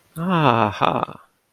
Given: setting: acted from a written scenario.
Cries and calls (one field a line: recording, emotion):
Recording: vocal sound without words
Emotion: serenity